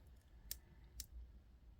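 A small metal crimp bead on jewelry wire for a beaded necklace is pressed closed with pliers, giving two sharp, bright metal clicks at 0.5 s and 1.0 s over a low, steady background. The crimp closes and seats.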